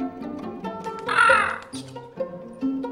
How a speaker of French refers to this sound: Dans la maison du rabbin, il y a un perroquet. Je l'aime pas. Il est trop bruyant.